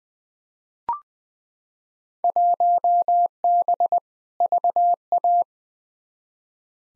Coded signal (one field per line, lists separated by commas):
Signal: Morse code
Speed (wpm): 21 wpm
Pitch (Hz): 700 Hz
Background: none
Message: 1B VA